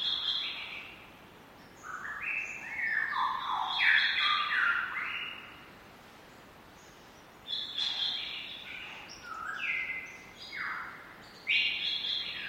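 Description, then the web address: Lyrebird squawks, rasping bursts of falling and rising notes, several separate outbursts with quiet pauses between. More than one lyrebird, squawking. "lyrebirds squaking. lyrebirds squeaking"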